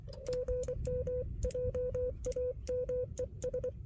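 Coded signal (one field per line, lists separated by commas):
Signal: Morse code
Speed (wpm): 23 wpm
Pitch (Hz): 500 Hz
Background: none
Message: GMJAMES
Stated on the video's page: Parks on the Air activation from park US-12715 using a Xiegu X6200 with XPA125B amplifier and a Radioddity HF-009 antenna on a tripod.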